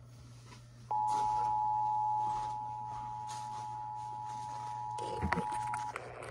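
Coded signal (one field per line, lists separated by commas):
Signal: Emergency Alert System (SAME) tones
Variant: 853 and 960 Hz attention tone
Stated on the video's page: KDKA EAS test tones plus relays on other stations.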